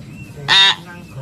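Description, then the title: Lovebird giving a single harsh, shrill squawk lasting about a quarter second, rich and buzzy, against a faint low background hum. Lovebird lure call used for trapping birds. "PIKAT BURUNG LOVEBIRD"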